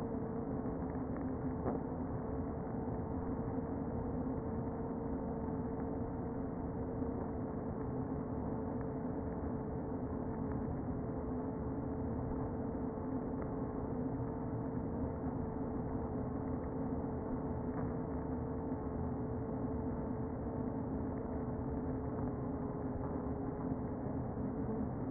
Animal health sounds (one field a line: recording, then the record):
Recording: honeybee colony, microphone inside the hive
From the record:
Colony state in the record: queen present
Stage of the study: before two queens were removed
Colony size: about 60,000 bees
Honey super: yes